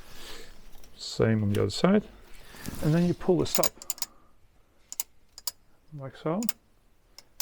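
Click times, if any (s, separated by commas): 7.4 s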